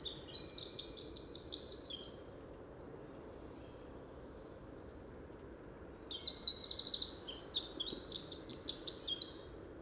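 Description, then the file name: Eurasian wren song: a brisk, high trilling phrase, a pause, then another long, fast run of sharp twittering notes and trills. "Troglodytes troglodytes"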